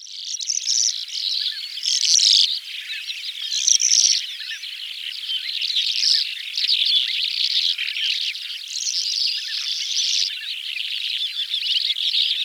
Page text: Calandra Lark Songs. Quick Sounds